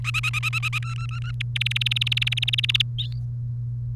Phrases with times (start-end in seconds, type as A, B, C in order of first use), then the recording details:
0.04-0.79 A, 0.82-1.31 B, 1.40-2.82 C. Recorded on 30 April 2018 at 16:52. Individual llb3